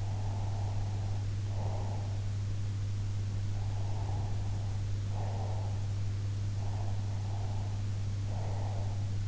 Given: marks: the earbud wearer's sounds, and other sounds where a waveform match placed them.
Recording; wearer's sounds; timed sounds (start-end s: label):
sounds in sleep by an in-ear microphone; breath
0.00-2.22 s: breath
3.58-5.73 s: breath
6.64-8.94 s: breath